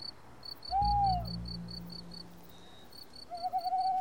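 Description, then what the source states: Tawny Owl hooting: one long, gently falling hoot, then after a pause a quavering, tremulous hoot, with steady high rhythmic ticking in the background through much. Heard after nightfall in urban cemeteries that stay dark at night; the hoot is used in films and podcasts to signal night-time.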